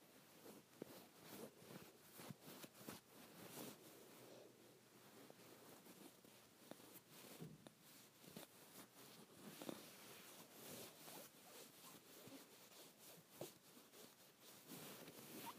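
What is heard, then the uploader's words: Fingers scratch at a comforter blanket in quick, uneven bursts of dry, rustling scrapes that run almost without pause for the whole stretch. The strokes are bright and papery, with sharper catches every second or so and slightly fuller passages around the middle. ASMR Scratching my Comforter Blanket.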